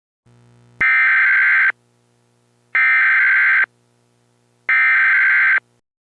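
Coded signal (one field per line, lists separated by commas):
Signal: Emergency Alert System (SAME) tones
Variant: header bursts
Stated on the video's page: Homemade tornado warning EAS mock made in Windows Movie Maker.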